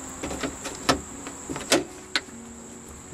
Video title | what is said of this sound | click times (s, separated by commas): How to replace drivers door window regulator on a 2012 Subaru Outback: Power window motor Subaru | just snaps back into place | 2.2 s